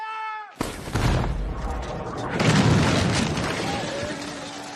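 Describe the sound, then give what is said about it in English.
A short steady tone gives way to a sudden, loud blast as an 18-pounder cannon is fired, erupting into a long roar of noise that swells again midway before slowly settling. “Fire the 18-pounder.”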